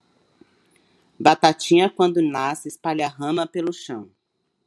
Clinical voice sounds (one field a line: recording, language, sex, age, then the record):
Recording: short text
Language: Brazilian Portuguese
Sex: female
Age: 40 to 49 years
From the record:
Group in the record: control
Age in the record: 43 years